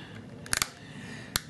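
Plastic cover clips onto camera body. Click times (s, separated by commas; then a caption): 0.5 s, 1.4 s. The remaining clips of a plastic cover are snapped onto the body of a Sony Bloggie camera, working down the cover. Sharp plastic snaps sound at 0.5 s and 1.4 s, with a few smaller clicks around them over a quiet background. The cover is fully seated, all snapped on.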